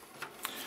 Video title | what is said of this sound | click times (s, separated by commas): Working inside a Dell Optiplex GX520 | and it clicks into place | 0.4 s